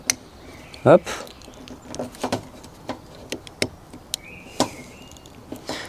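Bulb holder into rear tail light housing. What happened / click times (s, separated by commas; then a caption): The plastic holder clipped into its housing / 0.1 s. After the old part is unclipped, a new plastic bulb holder is pushed into the rear tail light housing of a Peugeot 206. It gives one sharp, loud click at 0.1 s as it seats, followed by quieter knocks and handling sounds. Someone talks briefly.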